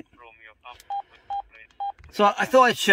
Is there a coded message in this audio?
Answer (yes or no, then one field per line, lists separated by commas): no